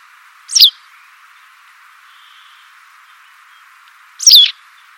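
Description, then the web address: White wagtail calling twice, each a quick high, slurred chirp, spaced about four seconds apart against a faint continuous background hiss. "cianscape birddata Deverinetal 2025"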